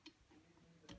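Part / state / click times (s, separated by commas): microphone cable connector into mixer input socket / not seated / none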